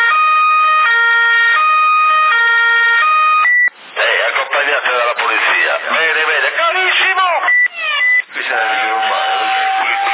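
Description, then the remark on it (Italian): An ambulance siren wails in a steady two-tone hi-lo pattern for a few seconds, then gives way to loud, wavering, meow-like cries that rise and fall in pitch. “carabinieri, ambulanza.”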